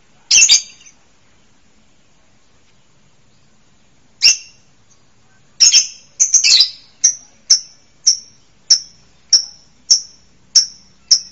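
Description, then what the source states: Bird chirps, a few scattered harsh high notes, then a run of clear chip notes repeated roughly twice a second until the end. Masteran, a tutor recording used to train songbirds.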